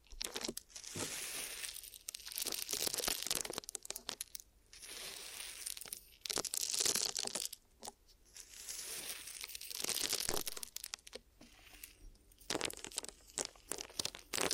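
Ear massage with glue, heard as bursts of bright, hissy rubbing and crinkly, sticky crackling. The strokes come in uneven waves a second or two long, broken by short quiet gaps and sharp clicks, with faint low thumps underneath.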